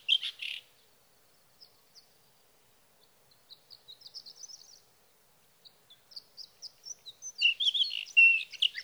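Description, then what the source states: Sage thrasher song: a loud burst of notes, quiet high thin chips, then a dense scratchy warbled phrase at the end. Male singing through the night near his night roost, evening of June 12 to morning of June 15, 2018, Sierra Valley, California; Swift recorder.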